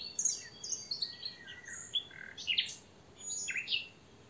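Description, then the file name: European robin song of rapid high, thin whistles sliding up and down, delivered in a continuous fluent flow with quiet background hiss. "Erithacus rubecula"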